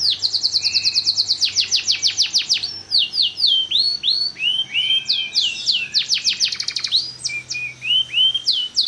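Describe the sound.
Energetic bird song of rapid high-pitched downward strokes, short buzzy phrases and whistled slurs, delivered almost without pause for nine seconds.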